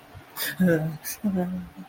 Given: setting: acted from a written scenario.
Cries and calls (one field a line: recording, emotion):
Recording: vocal sound without words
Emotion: fear